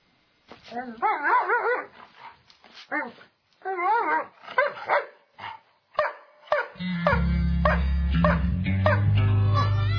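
A dog barks and whimpers in a run of rising, wavering yelps and short barks, followed by a steady low droning tone that sets in and continues to the end.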